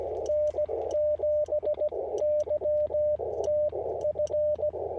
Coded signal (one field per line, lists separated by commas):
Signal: Morse code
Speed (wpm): 16 wpm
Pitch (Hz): 600 Hz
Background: radio noise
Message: N7YTF